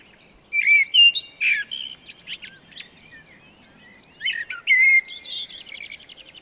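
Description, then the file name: Eurasian blackbird, rich low whistles mixed with shrill high chatter in quick succession, a couple of phrases within a few seconds. "Turdus merula"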